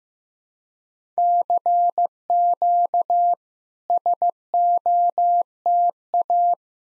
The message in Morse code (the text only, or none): CQ SOTA